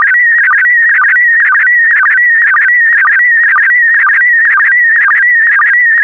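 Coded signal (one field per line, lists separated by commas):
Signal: SSTV (slow-scan television)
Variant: PD120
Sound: warbling, buzzy tone sliding around mid-pitch with rapid regular low blips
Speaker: the next image transmission will start in 10 seconds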